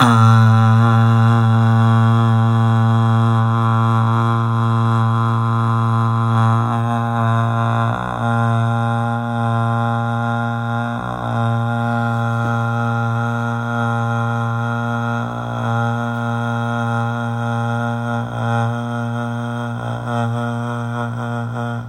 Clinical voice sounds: sustained vowel /a/; male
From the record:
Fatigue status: no fatigue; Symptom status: symptomatic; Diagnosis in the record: COVID-19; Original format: m4a

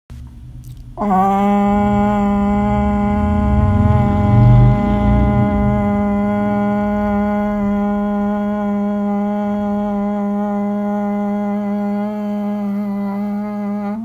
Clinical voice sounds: sustained vowel /a/; female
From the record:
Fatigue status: no fatigue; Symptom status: asymptomatic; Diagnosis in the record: COVID-19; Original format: m4a

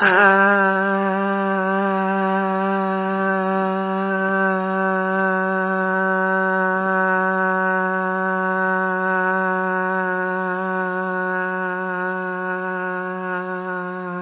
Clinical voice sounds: sustained vowel /a/; female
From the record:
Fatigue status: no fatigue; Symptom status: symptomatic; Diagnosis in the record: COVID-19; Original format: 3gp

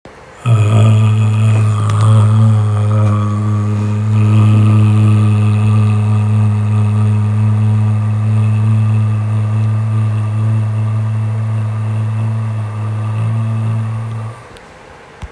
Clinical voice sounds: sustained vowel /a/; male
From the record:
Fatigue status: fatigue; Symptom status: symptomatic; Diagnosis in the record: COVID-19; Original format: m4a

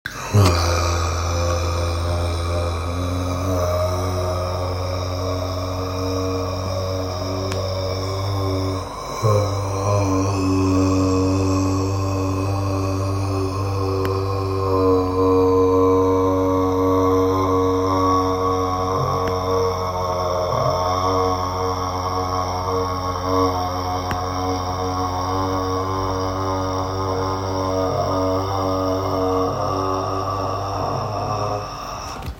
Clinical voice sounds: sustained vowel /a/; male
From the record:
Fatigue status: no fatigue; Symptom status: asymptomatic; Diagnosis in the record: COVID-19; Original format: m4a

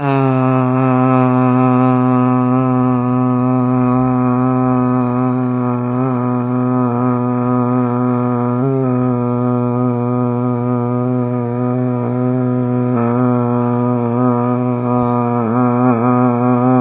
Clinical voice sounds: sustained vowel /a/; male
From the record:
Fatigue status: no fatigue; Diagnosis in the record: COVID-19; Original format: 3gp

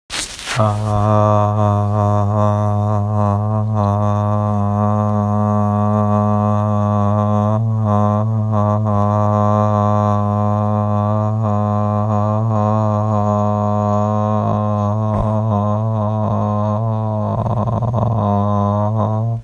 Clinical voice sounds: sustained vowel /a/; male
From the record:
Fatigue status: no fatigue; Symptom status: asymptomatic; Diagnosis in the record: COVID-19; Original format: m4a

